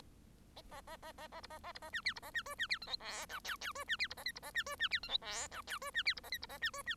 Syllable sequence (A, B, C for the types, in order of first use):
A A A A A B A A B A C D B A C E C D F G H I J J E C D B A K B A C E C D F G H I J E C D B A K B A C E C